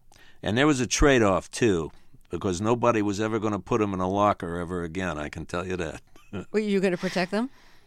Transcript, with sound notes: And there was a trade-off, too, because nobody was ever going to put them in a locker ever again. I can tell you that (laughter).
Were you going to protect them?